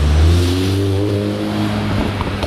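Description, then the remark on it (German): A Volkswagen car drives by with a loud, steady low engine drone and layered humming tones that dip slightly in pitch before fading into rougher road noise. No voices. “Ey, das ist nur ein VW.”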